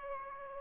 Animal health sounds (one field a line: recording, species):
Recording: mosquito wingbeat signal from an infrared sensor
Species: Aedes albopictus